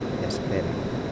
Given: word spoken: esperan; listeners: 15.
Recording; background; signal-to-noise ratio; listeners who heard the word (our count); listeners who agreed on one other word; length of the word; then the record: one Spanish word in noise, from a listening test; speech-shaped noise; -4.1 dB; 0 of 15; 7 of 15; 0.72 s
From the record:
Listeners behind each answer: 7, 3, 1, 1, 1, 1, 1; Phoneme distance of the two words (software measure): 7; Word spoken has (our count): 3 syllables, 7 phonemes, stress on syllable 2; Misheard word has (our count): 3 syllables, 6 phonemes, stress on syllable 2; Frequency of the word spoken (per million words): 25.85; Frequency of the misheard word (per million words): 123.55